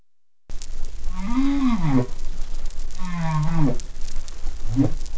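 Whale calls: two long, low moans, the first rising then falling, the second mostly level, followed by a short low grunt.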